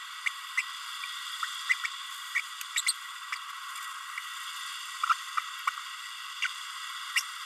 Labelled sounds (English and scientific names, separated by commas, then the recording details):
Green-rumped Parrotlet (Forpus passerinus) babbling
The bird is a female
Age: 30 days
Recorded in a nest box in Venezuela
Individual 17B32A7